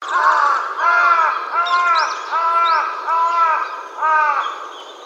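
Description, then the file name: Large-billed crow cawing steadily, six hoarse arched caws. Recorded 28 January 2014. "hasibutogarasu 140128"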